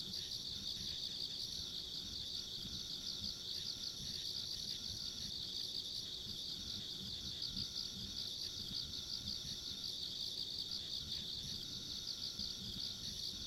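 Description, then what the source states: Dense high insect chorus keeps up an even shrill pulsing drone, backed by a low rumble. Ambient insect sounds recorded along a country road.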